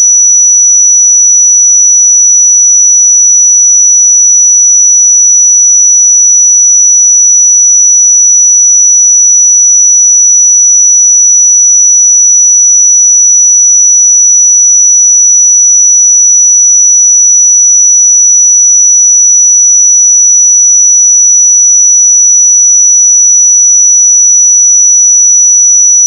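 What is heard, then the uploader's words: A pure 5901 Hz sine tone holds perfectly steady and bright at one level for the whole clip, with no other sounds. 5901 Hz 1 Hz Interval Sine Pure Tone Frequency 441000 Sample Mono.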